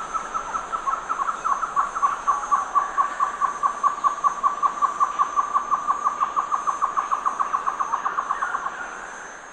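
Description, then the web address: Great antshrike song: a rapid, accelerating string of hollow notes that blur into a rattle, dipping slightly in pitch before fading, with a faint high hiss throughout. Eastern lowlands of South America. "Natures Songs S America Eastern Lowlands. Great Antshrike"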